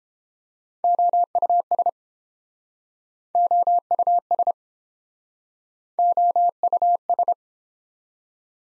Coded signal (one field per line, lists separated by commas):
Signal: Morse code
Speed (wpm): 32 wpm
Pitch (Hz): 700 Hz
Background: none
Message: OUS OUS OUS